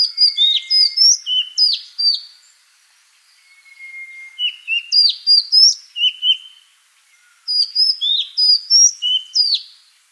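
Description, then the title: Madagascar magpie-robin song: three bursts of rich, varied whistles and sharp chirps separated by short pauses, with a thin steady whistle at times. "suara burung kacer madagaskar"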